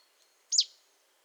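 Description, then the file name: Marsh tit giving a single short call, a quick high note that rises and then drops, over faint steady background hiss. "Poecile palustris"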